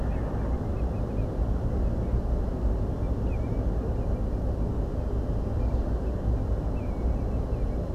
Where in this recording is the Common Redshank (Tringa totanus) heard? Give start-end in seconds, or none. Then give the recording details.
0.37-1.28, 3.26-3.63, 5.59-5.74, 6.04-6.41, 6.75-7.24, 7.52-7.75. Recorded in France